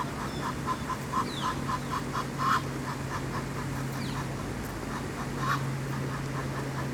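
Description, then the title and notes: Ducks quacking in a fast, steady run of short nasal calls, a few louder ones standing out, over a continuous low hum and rushing water, with brief small-bird chirps. Ducks at the Ixelles ponds (Les étangs d'Ixelles), Av. du Général de Gaulle 21, Ixelles, Brussels, Belgium, with a fountain. "Av. du Général de Gaulle 21, 1050 Ixelles, Belgique - Ducks and Fountain. Ducks speech and foutain at Les étangs d'Ixelles"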